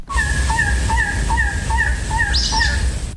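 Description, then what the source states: Coppery-tailed trogon calling, a series of hoarse, croaking notes repeated about two to three times a second, with a brief higher chirp from another bird partway through. Calling near its nesting spot in Madera Canyon, Southeast Arizona, during a birthday birding trip; species formerly called the elegant trogon.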